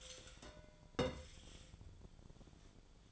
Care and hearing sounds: daily activity, microphone in the room; take from stove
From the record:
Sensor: 5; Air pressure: 1010.0 hPa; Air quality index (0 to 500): 157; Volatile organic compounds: 3 ppm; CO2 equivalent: 1532 ppm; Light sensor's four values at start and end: 243/590/251/276 and 242/581/249/276

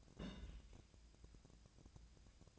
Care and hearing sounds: daily activity, microphone in the room; place on stove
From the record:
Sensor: 2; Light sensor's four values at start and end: 36/89/39/44 and 36/89/39/44

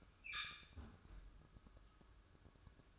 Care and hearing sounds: daily activity, microphone in the room; close fridge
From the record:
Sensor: 2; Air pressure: 1007.6 hPa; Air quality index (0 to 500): 45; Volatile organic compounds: 1 ppm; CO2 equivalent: 555 ppm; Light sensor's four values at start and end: 11/26/11/11 and 11/26/11/11

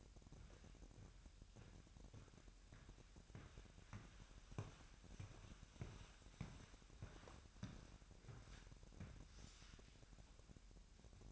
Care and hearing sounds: daily activity, microphone in the room; walk to room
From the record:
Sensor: 2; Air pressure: 1012.1 hPa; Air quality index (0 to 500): 157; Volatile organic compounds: 2 ppm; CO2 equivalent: 1130 ppm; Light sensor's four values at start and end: 83/197/81/79 and 80/191/78/77

